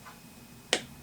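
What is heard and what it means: A small screw is turned backwards (counter-clockwise) in a threaded plastic boss of an AYL portable speaker housing during reassembly. At 0.7 s a single sharp, small pop is heard as the screw drops into the start of the existing thread in the plastic. This shows the screw is lined up and seated.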